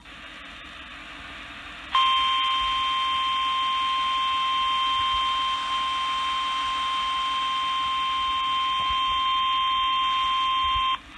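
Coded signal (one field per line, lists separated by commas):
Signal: Emergency Alert System (SAME) tones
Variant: 853 and 960 Hz attention tone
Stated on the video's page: Received EAS alerts.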